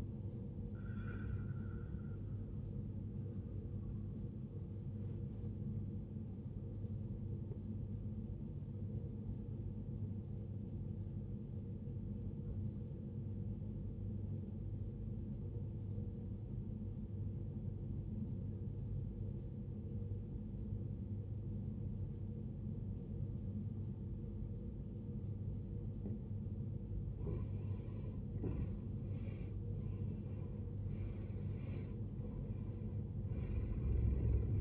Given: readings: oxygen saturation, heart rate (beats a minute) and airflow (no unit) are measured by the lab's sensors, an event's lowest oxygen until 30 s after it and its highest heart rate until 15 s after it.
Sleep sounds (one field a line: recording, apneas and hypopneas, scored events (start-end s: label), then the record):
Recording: breathing in sleep by a smartphone at the bedside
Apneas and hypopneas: 1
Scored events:
8.00-28.50 s: obstructive apnea (N1, oxygen 94% highest, then 79% lowest, heart rate 56 at the start, 79 highest)
From the record:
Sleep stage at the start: N1 (lightest sleep)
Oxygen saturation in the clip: 77 to 94%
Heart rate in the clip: 56 to 78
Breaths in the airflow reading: 4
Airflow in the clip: -15.5 to 15.5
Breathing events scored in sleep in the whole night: 389 in 6.3 hours asleep